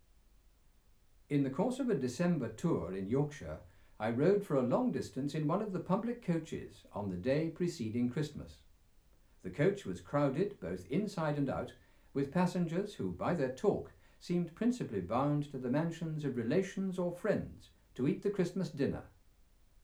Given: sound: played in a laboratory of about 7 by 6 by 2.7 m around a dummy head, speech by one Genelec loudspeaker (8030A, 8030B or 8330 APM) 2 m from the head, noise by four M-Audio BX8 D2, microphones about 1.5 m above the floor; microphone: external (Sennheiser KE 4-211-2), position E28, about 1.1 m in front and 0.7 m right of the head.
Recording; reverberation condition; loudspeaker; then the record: male speech in English; low; 30 degrees to the left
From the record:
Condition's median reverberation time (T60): about 310 ms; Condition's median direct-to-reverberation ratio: about 3.5 dB